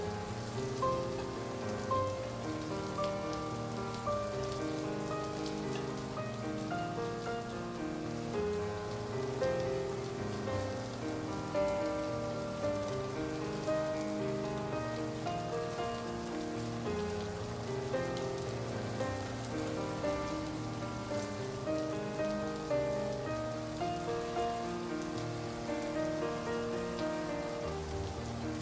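Heavy, driving rain hisses steadily across the whole clip, dense and even with no letup. Under it, soft music plays throughout, with a slow melody of held notes in the middle range over a warm, low backing.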